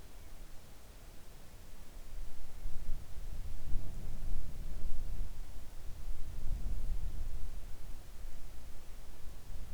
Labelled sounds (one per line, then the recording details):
wind
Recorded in the Arctic National Wildlife Refuge, Alaska, on 3 August 2019 at 05:09
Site 41